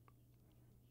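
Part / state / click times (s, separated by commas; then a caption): small LED light panel into its kit mount/case / not seated / none. A small LED light panel is handled as it is fitted toward its mount in an Aputure 672C/672S light kit, with a faint tick of contact at 0.1 s over a steady low hum. Nothing has snapped into place yet.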